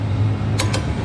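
A click-type torque wrench tightens one more wheel bearing bolt on an Infiniti G35 Coupe to 85 ft-lb, set there after it turned without clicking at 111 ft-lb. Over a steady low hum, the wrench gives two sharp clicks at 0.6 and 0.7 seconds, confirming the torque is applied.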